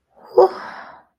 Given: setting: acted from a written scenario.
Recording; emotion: vocal sound without words; relief